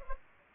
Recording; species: mosquito wingbeat signal from an infrared sensor; Culex pipiens